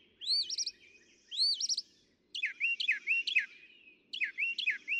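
Northern mockingbird singing rising whistled phrases twice, then switching to quick, warbling repeated notes delivered in short bursts.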